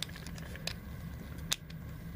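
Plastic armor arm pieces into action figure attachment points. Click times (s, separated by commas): 0.0 s, 0.7 s, 1.5 s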